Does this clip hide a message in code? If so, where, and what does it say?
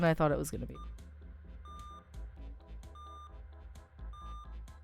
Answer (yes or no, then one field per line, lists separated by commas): no